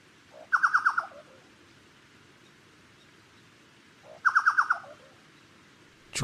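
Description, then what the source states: Chucao Tapaculo calling: a low note, then a quick run of loud, throaty notes that fall away, given twice about four seconds apart. 30 September 2014.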